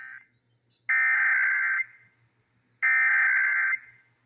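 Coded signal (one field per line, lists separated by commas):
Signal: Emergency Alert System (SAME) tones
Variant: header bursts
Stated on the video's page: Emergency Alert System tones from Texas' required monthly test, aired on local radio and TV stations.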